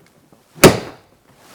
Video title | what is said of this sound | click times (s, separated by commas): Refitting the headliner - VW Crafter / MAN tge. Dealing with condensation | so it clicks into place | 0.6 s